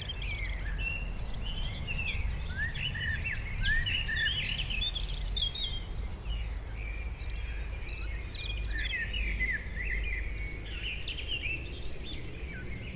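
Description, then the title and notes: Crickets trill without pause in a bright, even chorus while birds chirp and twitter busily, and low traffic noise rumbles beneath. Chorus of crickets in a sunny west-facing sloping meadow at Chindrieux, France, with birdsong from surrounding trees and traffic noise from the nearby road. "Chindrieux, France - Concert de grillons. Dans une prairie ensoleillée en pente orientée à l'Ouest , concert de grillons et chants d'oiseaux dans les arbres à l'entour , bruits de circulation de la route proche"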